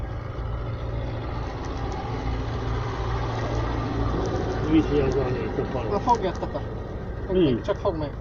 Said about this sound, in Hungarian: Állj, várjál, jön egy traktor.